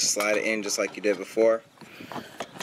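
Someone talks while a plastic light lens cover is handled near car interior trim, about to be slid in on the right side first and pressed up into the trim. After the talking, a few faint short taps are heard, but nothing has seated or clicked yet.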